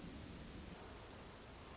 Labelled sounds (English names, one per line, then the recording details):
Hermit Thrush
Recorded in Sonoma County, California